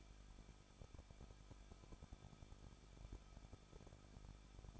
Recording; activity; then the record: daily activity, microphone in the room; no activity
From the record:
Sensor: 5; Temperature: 20.8 degrees Celsius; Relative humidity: 38.3%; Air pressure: 1006.4 hPa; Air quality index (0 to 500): 188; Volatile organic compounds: 19 ppm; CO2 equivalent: 2648 ppm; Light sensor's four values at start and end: 2/3/1/1 and 2/3/1/1